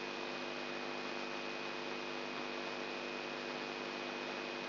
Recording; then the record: brain microelectrode recording played as sound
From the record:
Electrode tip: outside the subthalamic nucleus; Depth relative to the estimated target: -4 mm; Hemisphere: left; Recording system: AlphaMap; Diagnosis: Parkinson's disease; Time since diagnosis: 11 years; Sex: male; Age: 67 years